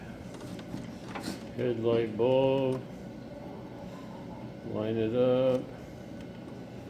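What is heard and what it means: A headlight bulb is lined up with the headlight housing before it is pushed in, with faint handling noise and a small tick near 0.6 s. Someone talks in two short bursts, around 1.6 to 2.8 s and 4.7 to 5.6 s. The bulb has not yet seated or clicked into the housing.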